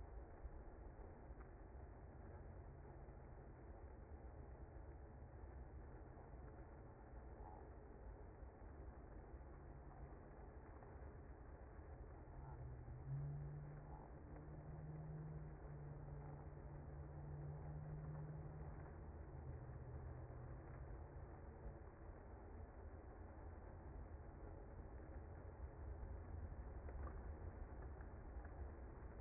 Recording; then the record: honeybee colony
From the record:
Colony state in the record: active